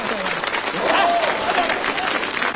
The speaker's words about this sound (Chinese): 各位朋友，掌声欢送我一下。好，谢谢，谢谢啊！